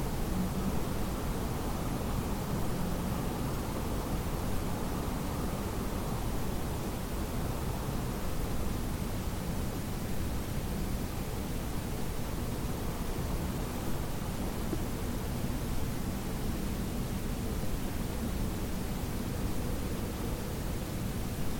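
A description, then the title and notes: Wind roars steadily across open land, a dense, unbroken rush that holds the same level for the whole stretch. The sound sits heavy and low, with a softer hiss riding above it, and no gusts, pauses or separate events stand out. This audio track captures the haunting and mesmerizing sound of winds as they howl through landscapes, creating an eerie and otherworldly atmosphere.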